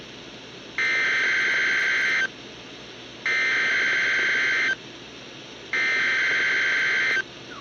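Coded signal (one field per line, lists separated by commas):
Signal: Emergency Alert System (SAME) tones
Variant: header bursts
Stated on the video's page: Real Required Weekly Tests captured on multiple weather radios.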